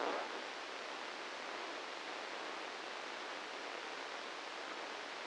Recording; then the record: brain microelectrode recording played as sound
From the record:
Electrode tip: inside the subthalamic nucleus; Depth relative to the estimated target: 0 mm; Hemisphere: right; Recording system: NeuroSet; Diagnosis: Parkinson's disease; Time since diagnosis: 10 years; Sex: male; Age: 56 years